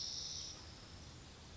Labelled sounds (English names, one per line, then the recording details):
Spotted Towhee
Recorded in Sonoma County, California